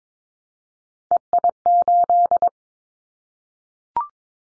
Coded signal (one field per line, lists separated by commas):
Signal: Morse code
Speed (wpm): 22 wpm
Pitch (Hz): 700 Hz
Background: none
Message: EI8